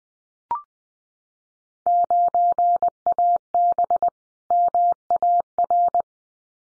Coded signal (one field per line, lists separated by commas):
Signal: Morse code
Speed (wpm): 20 wpm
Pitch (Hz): 700 Hz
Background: none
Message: 9AB MAR